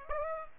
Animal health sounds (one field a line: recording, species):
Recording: mosquito wingbeat signal from an infrared sensor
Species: Aedes aegypti